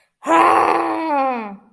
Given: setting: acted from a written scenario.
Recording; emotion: vocal sound without words; anger